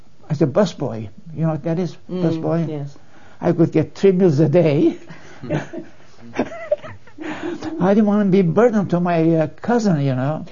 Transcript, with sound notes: as a busboy, you know what that is - busboy?
Yes.
I would get three meals a day. (laughs) I didn't wanna be burden to my cousin, you know.